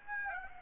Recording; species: mosquito wingbeat signal from an infrared sensor; Aedes aegypti